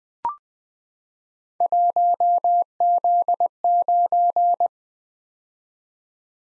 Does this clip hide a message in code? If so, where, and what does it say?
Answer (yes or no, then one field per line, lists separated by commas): yes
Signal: Morse code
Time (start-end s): 1.6-4.7 s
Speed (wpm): 21 wpm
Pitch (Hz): 700 Hz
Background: none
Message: 1Z9